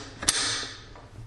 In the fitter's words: and that locks into place